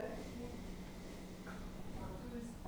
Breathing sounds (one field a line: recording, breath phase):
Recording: one breath near a microphone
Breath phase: exhalation